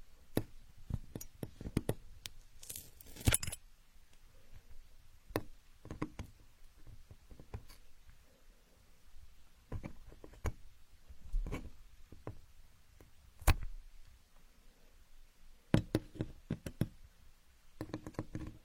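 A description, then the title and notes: Wooden building blocks clack and knock together in irregular bursts, with sharp clicks scattered throughout and clusters of rapid taps near the start and end. A louder rattling tumble comes around three seconds in, and short quiet pauses fall between handling sounds. Asmr, playing with building blocks.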